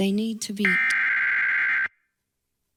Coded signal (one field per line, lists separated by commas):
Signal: Emergency Alert System (SAME) tones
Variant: header bursts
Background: speech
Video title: EAS Alerts from September 9th, 2023 [EAS #1,063-1,081]